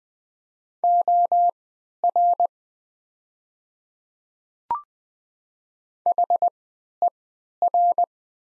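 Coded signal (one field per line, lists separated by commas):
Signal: Morse code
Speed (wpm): 20 wpm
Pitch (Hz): 700 Hz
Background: none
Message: OR HER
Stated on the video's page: 20 wpm Morse practice of the top 100 words with Farnsworth-style triple character spacing.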